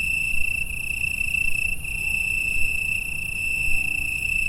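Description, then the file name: Cricket chorus, a continuous high-pitched trill ringing evenly throughout, with a rumbling low background noise. Several crickets, Italy, 6 September 2016, 9 pm, a chorus. "Grillons Italie"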